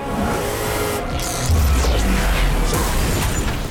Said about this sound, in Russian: Взрыв разносит ее подчистую.